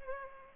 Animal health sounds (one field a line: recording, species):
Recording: mosquito wingbeat signal from an infrared sensor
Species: Culex pipiens